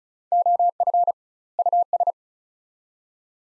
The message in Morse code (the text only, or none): OF US